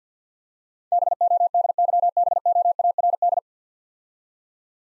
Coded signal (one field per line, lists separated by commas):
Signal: Morse code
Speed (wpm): 50 wpm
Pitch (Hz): 700 Hz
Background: none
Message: BODYBOARD